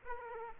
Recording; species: mosquito wingbeat signal from an infrared sensor; Aedes aegypti